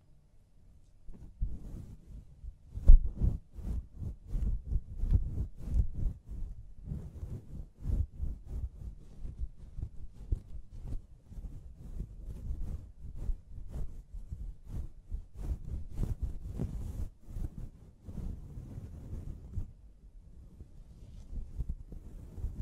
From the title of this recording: Personal Attention Scalp Massage, Hair Wash